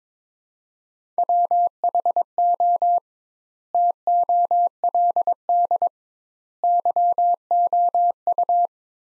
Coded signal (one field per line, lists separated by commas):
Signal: Morse code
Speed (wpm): 22 wpm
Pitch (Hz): 700 Hz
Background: none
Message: WHO TOLD YOU